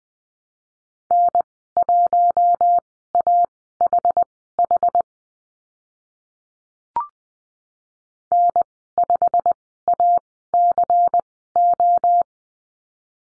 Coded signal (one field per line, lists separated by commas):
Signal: Morse code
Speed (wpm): 19 wpm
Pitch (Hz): 700 Hz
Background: none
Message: N1AHH N5ACO